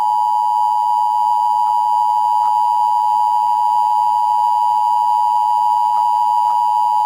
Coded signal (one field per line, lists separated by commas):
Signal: Emergency Alert System (SAME) tones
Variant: 853 and 960 Hz attention tone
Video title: Super Mario Galaxy’s Ending, EAS Styled!